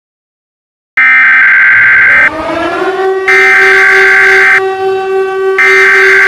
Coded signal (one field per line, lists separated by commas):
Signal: Emergency Alert System (SAME) tones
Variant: header bursts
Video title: EAS Scenario 20 Yellowstone Panty Eruption